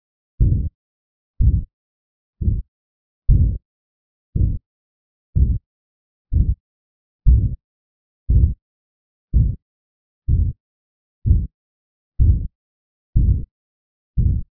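Steady low heartbeats near 61 a minute in an adult, with a tricuspid regurgitation murmur from a leaking tricuspid valve.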